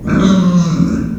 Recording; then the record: squeal of a Yucatan mini pig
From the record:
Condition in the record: after surgery on the right vocal fold (resection and tissue-engineered implant); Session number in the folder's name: 10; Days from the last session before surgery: 86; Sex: female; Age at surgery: 19 weeks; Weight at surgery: 25 kg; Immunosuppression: prednisolone